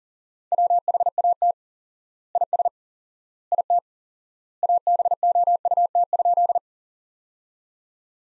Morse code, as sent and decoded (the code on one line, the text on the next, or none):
.-- .... .- - / .. ... / .. - / .- -... --- ..- - ..--..
WHAT IS IT ABOUT?